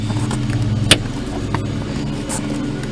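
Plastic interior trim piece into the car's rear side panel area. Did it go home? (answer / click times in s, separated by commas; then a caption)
yes / 0.9 s. A plastic interior trim piece is slid into place in the rear side panel area of a 2010–2015 Camaro during rear speaker replacement and snaps in with one sharp, loud click at 0.9 s, confirming it is seated. Softer ticks come around 0.3 s, 0.5 s and 1.6 s, over a steady low tonal hum.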